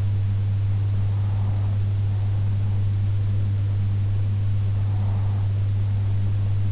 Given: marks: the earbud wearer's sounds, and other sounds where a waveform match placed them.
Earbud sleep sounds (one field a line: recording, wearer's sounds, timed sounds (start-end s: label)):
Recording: sounds in sleep by an in-ear microphone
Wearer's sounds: breath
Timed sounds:
0.72-2.72 s: breath
4.72-6.72 s: breath